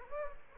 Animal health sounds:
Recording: mosquito wingbeat signal from an infrared sensor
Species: Aedes aegypti

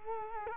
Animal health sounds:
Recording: mosquito wingbeat signal from an infrared sensor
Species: Culex quinquefasciatus

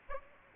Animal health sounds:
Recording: mosquito wingbeat signal from an infrared sensor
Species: Aedes aegypti

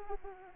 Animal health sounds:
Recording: mosquito wingbeat signal from an infrared sensor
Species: Aedes aegypti

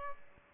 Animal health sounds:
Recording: mosquito wingbeat signal from an infrared sensor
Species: Aedes albopictus

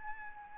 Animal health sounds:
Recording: mosquito wingbeat signal from an infrared sensor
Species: Aedes albopictus

